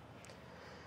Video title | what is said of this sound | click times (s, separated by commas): etrailer - Yakima SkyLine FX JetStream Aero Crossbars Roof Rack Installation - 2022 Nissan Rogue | put it on from the back just pushing on until it clicks into place | 0.2 s